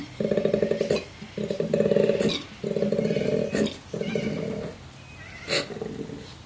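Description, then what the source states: Koala bellowing: a deep, pulsing, snoring roar in five long bursts. Male koala caller.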